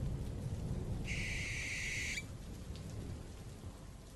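A single harsh, high barn owl screech as the owl takes flight, holding for about a second, rasping and loud, over a steady wash of rain and a low rumbling background.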